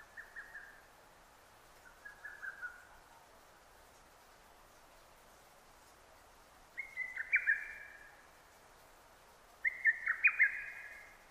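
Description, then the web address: Lesser cuckoo song, a fast stuttering whistled phrase given four times with long pauses, the first two softer and lower, the last two louder. Recorded 6 June 2009. "sounds data 2009 D 50-hototogisu-20090606"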